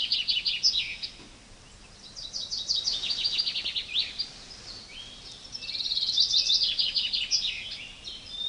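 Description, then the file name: Common chaffinch repeating its fast, descending rattling song phrase a few times. "Fringilla coelebs"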